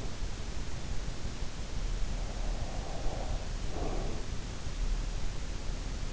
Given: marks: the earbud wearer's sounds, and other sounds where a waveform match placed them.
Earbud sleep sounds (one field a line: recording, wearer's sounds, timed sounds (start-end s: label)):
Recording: sounds in sleep by an in-ear microphone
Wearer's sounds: breath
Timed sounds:
1.85-5.28 s: breath